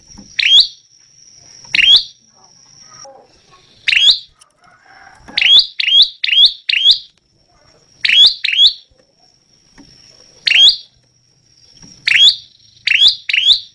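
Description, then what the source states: Prinia song of loud, clipped chip notes in irregular bursts of singles and pairs, with a continuous high whine in the background. Lively, much-singing (gacor) prinia of the local 'lancur' type, recorded as a tutoring track for teaching songbirds (masteran).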